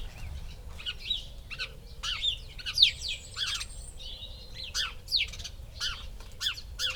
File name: Passer domesticus